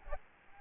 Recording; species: mosquito wingbeat signal from an infrared sensor; Aedes albopictus